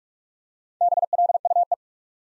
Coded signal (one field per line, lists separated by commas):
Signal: Morse code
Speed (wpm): 44 wpm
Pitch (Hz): 700 Hz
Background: none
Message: BLUE